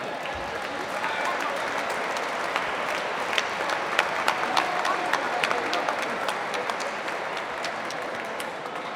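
A crowd applauds steadily for several seconds at an open house at Dominicus, a dense wash of overlapping hand claps with sharper individual claps popping out, holding at an even, fairly loud level throughout.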